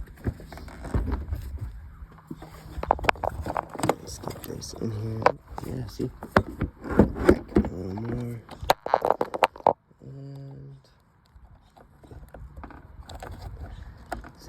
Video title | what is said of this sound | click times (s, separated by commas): Lexus SC300 Headlight semi Restoration | And see how it doesn't click. I think it's just I think it's broken or something. | none